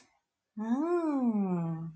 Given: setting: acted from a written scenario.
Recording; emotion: vocal sound without words; contentment